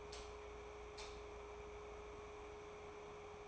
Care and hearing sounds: daily activity, microphone in the room; light on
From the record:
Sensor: 1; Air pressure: 1010.2 hPa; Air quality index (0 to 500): 172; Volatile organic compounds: 12 ppm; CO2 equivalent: 2366 ppm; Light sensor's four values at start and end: 53/137/56/71 and 56/150/61/76

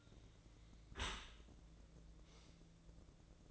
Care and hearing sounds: daily activity, microphone in the room; close dishwasher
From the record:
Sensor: 3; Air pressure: 1012.3 hPa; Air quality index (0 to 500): 160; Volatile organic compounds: 2 ppm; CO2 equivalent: 1224 ppm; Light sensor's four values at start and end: 489/1202/495/490 and 490/1205/496/491

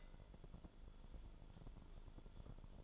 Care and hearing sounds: daily activity, microphone in the room; take from stove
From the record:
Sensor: 5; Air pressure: 1008.2 hPa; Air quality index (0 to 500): 119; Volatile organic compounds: 1 ppm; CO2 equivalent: 914 ppm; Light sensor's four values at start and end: 28/61/25/25 and 28/62/26/25

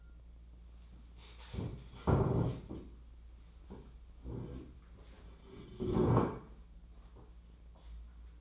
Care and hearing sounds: daily activity, microphone in the room; stand up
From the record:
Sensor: 1

